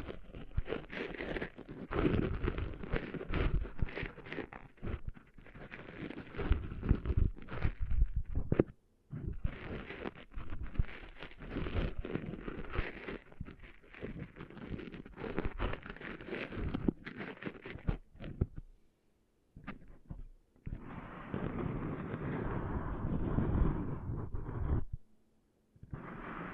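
Rubbing and scraping sounds of sand being cleaned out of ears come in dense, rough bursts that crackle and thump unevenly. Brief silences break the flow near 9 and 19 seconds. A steadier, smoother stretch of rubbing runs from about 20 to 25 seconds before a final pause.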